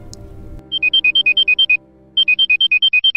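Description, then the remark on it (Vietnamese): An alarm clock rings loudly in rapid, high-pitched electronic beeps alternating between two tones, sounding in two bursts separated by a short pause. “Tiếng chuông báo thức vang lên inh ỏi.”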